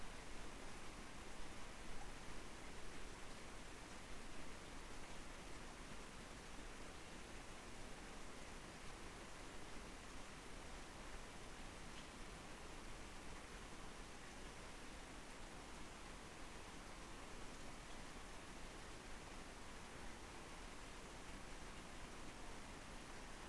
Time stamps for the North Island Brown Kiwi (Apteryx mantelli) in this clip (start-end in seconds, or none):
none